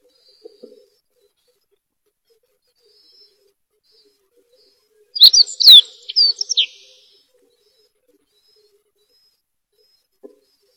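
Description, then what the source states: Bird song: a brief burst of quick, bright chirping notes sweeping up and down, midway, surrounded by near silence with a few faint soft clicks. Recorded while walking through the recordist's own family orchard, in a quiet setting away from the city.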